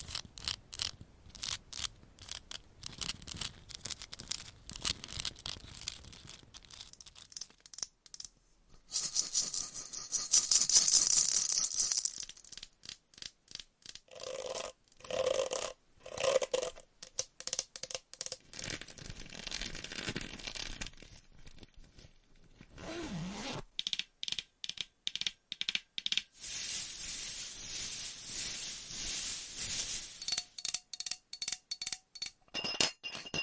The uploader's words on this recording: Changing Triggers Every 30 Seconds Scratching , Tapping , Massage & More No Talking.